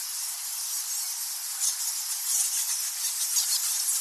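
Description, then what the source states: Bats chattering en masse, a dense high-pitched hiss of overlapping squeaks with faint irregular bursts, no low sounds. Thousands of bats in the Goa Lawah temple cave, Bali, Indonesia.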